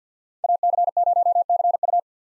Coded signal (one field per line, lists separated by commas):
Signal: Morse code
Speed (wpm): 50 wpm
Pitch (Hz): 700 Hz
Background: none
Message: AC0CU